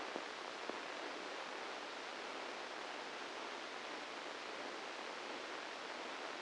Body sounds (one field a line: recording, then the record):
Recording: brain microelectrode recording played as sound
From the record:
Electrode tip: inside the subthalamic nucleus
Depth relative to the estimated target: -1 mm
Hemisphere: left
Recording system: NeuroSet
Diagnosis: Parkinson's disease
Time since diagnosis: 9 years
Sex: female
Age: 51 years